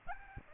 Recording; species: mosquito wingbeat signal from an infrared sensor; Aedes aegypti